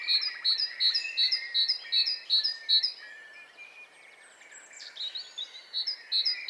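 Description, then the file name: Great tit repeating a sharp, ringing two-note phrase about three times a second, then breaking off while other small birds chatter, and resuming briefly near the end. "Parus major"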